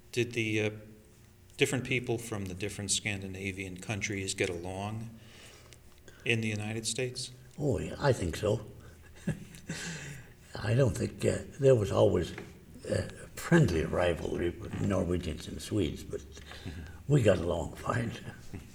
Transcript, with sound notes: Did the different people from the different Scandinavian countries get along in the United States?
Oh, yeah, I think so. [Laughs] I don't think — there was always friendly rivalry with Norwegians and Swedes, but we got along fine.